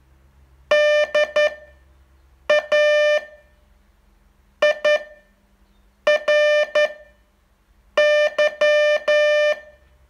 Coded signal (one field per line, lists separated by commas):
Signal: Morse code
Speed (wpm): 10 wpm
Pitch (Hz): 600 Hz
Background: music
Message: DAIRY